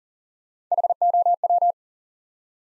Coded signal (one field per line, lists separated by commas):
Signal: Morse code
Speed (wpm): 40 wpm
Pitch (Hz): 700 Hz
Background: none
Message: HOW